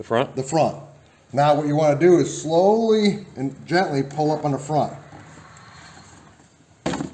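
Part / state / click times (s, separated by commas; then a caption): plastic trim panel clip in the motorcycle's front fairing/dash area / released / 6.9 s. Someone talks while the front edge of a plastic trim panel in the front fairing/dash area of a Goldwing motorcycle, already slid forward while fitting Helibar handlebar risers, is slowly and gently pulled up. Its retaining clip lets go with one short, sharp pop at 6.9 s, and the panel's front is released.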